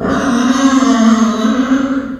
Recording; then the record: squeal of a Yucatan mini pig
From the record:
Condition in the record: after surgery on the right vocal fold (resection and tissue-engineered implant); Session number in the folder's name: 11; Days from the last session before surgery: 98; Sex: female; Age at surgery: 19 weeks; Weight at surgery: 25 kg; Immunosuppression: prednisolone